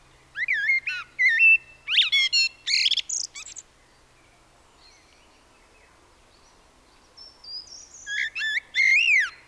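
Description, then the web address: Common blackbird singing two phrases a few seconds apart, each mixing mellow whistled notes with sharp high squeaks; a quiet pause separates them. "SETE Turdus merula"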